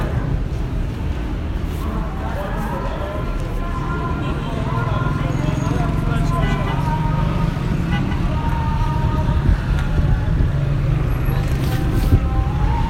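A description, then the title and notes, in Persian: A metro station, Baharestan, with a dense, constant low rumble of trains and machinery filling the space. Many voices murmur throughout in an echoing crowd, and faint bright squeals and clicks come and go, with a louder moment near ten seconds. ایستگاه بهارستان. مترو بهارستان.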